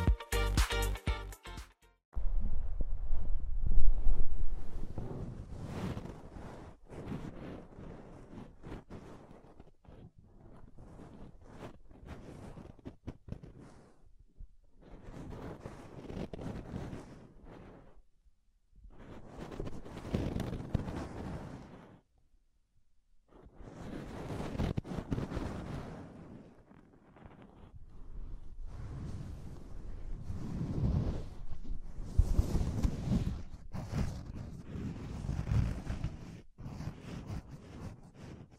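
Soft, fluffy rubbing and brushing sounds come in slow waves, each swell lasting a few seconds before easing off into near silence. The texture is dense and muffled, mostly low with a light crackly edge, after a brief sharp burst at the start.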